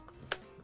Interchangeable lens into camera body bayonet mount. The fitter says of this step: going to turn it and release it okay so click on just